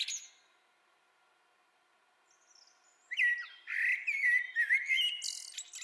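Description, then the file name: Common blackbird: a brief high chirp, a near-silent pause, then a rich, rolling fluty warble of varied whistles ending with high scratchy twitters. "Turdus merula"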